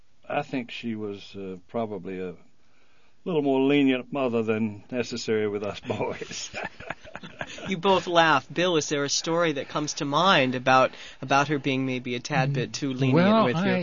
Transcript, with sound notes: I think she was probably a little more lenient mother than necessary with us boys. (they laugh)
You both laugh. Bill, is there a story that comes to mind about, about her being maybe a tad bit too lenient with your...